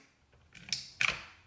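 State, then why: Not seated. A second PlayStation DualSense game controller is pressed onto the other slot of its charging dock connector, and it does not click into place, so it is not seated for charging. Soft contact scrapes and creaks are heard, with sharp knocks around 0.7 and 1.0 seconds, but nothing has seated or clicked.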